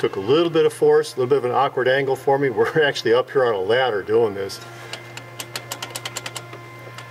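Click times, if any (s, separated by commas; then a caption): 6.2 s. On a 2003 Hyundai Tiburon GT 2.7L, the clutch hydraulic line quick-connect is pushed into the release/slave cylinder fitting from a ladder at an awkward angle, taking a little force. Someone talks over a steady low hum until about 4.5 s. A quick series of short, sharp clicks follows, and the line locks into the slave cylinder with the final click at 6.2 s.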